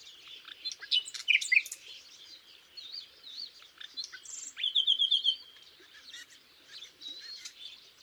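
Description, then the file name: Common nightingale song: varied whistles, a short buzzy trill and sharp chirps tumble together. "Luscinia megarhynchos"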